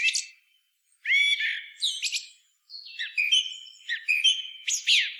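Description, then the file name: Common blackbird making a harsh chattering note, then squeaky notes and a busy sequence of high, scratchy, warbled notes. "Turdus merula"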